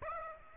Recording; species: mosquito wingbeat signal from an infrared sensor; Aedes aegypti